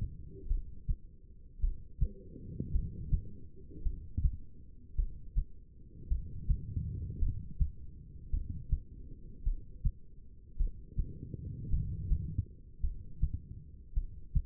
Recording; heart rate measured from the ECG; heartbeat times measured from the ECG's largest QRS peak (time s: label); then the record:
heart sounds by stethoscope; 53 bpm
0.47 s: heartbeat
1.59 s: heartbeat
2.71 s: heartbeat
3.82 s: heartbeat
4.95 s: heartbeat
6.08 s: heartbeat
7.19 s: heartbeat
8.30 s: heartbeat
9.43 s: heartbeat
10.56 s: heartbeat
11.69 s: heartbeat
12.80 s: heartbeat
13.93 s: heartbeat
From the record:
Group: heart failure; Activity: rest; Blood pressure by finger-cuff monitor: 85/63 mmHg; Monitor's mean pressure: 70 mmHg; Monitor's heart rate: 54 bpm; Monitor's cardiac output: 2.5 L/min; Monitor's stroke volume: 47 mL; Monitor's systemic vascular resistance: 2000 dyn s/cm5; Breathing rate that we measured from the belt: 13 breaths a minute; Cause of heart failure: non-ischemic cardiomyopathy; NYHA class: 1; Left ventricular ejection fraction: 52%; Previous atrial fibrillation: present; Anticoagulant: apixaban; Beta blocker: bisoprolol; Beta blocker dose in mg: 10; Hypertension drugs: sacubitril-valsartan, spironolactone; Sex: female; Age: 68 years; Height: 169 cm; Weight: 71 kg